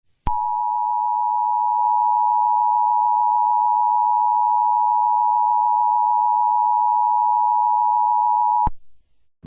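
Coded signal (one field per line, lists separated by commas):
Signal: Emergency Alert System (SAME) tones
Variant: 853 and 960 Hz attention tone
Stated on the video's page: Mock, fictional Seychelles EAS alert, not a real broadcast.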